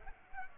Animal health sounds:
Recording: mosquito wingbeat signal from an infrared sensor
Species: Culex pipiens

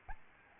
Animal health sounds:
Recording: mosquito wingbeat signal from an infrared sensor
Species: Aedes albopictus

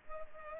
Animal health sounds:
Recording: mosquito wingbeat signal from an infrared sensor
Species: Culex pipiens

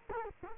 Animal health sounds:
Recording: mosquito wingbeat signal from an infrared sensor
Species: Culex quinquefasciatus

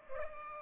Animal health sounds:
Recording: mosquito wingbeat signal from an infrared sensor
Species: Culex pipiens

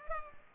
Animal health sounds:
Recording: mosquito wingbeat signal from an infrared sensor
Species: Culex pipiens

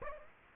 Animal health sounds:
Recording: mosquito wingbeat signal from an infrared sensor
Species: Aedes aegypti

